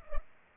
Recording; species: mosquito wingbeat signal from an infrared sensor; Culex pipiens